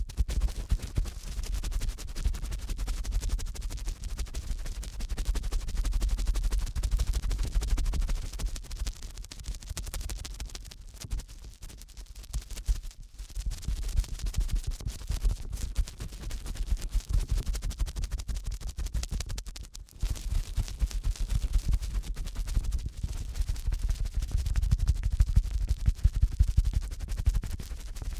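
Fast, dense scratching and rubbing from ear cleaning runs steadily throughout, with a strong low rumble and brief near-silent breaks around 13 and 20 seconds.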